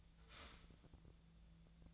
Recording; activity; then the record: daily activity, microphone in the room; start toaster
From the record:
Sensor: 3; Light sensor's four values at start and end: 32/80/34/36 and 32/80/34/36